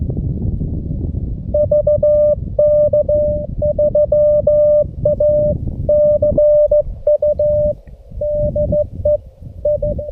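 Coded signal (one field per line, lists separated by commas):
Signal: Morse code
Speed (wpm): 14 wpm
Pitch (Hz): 600 Hz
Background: none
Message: VK3ACU DE I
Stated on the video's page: Portable CW on QRS (slow-speed) night with a G90, including a contact keyed with a bug.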